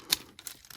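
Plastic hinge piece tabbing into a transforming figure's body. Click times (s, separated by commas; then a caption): 0.1 s. A white plastic hinge piece on an X-Transbots MX-32 Jian / Blades transforming robot figure is pressed back into the body during the change from alt mode to robot mode. Its tab snaps into place with a sharp click at 0.1 s. Several fainter ticks follow, and the hinge is seated.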